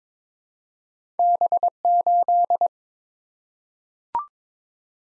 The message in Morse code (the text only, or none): B8